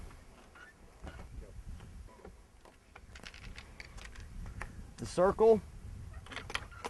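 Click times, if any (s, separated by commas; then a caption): 6.6 s. On a 2014 Jeep Wrangler, the soft top's tab on the other side is pushed into its side latch on the vehicle body while someone talks, with scattered light knocks and handling sounds throughout. A sharp click at 6.6 seconds marks the tab seating, and the soft top is completely locked in place.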